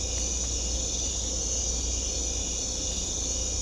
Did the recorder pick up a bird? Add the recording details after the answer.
no. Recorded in secondary vegetation near Puerto Asís, Putumayo, Colombia, on 16 December 2024 at 23:30. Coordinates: 0.500, -76.326. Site G065